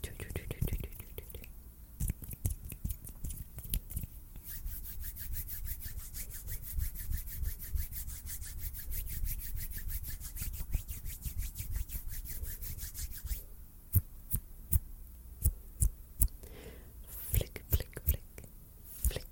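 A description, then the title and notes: Hands rub and brush together in a dense, scratchy stream through most of the clip, with a low, soft rumble underneath. Around thirteen seconds the rubbing thins out into sharp, separate snaps and taps that come at uneven intervals until the end. ASMR HAND SOUNDS AND SNAPPING, FAST, SLOW AND UNPREDICTABLE TRIGGERS.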